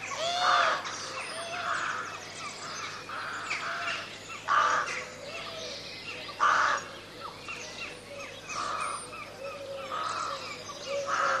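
Crows giving harsh caws in short separate bursts, with thinner chirps in the background.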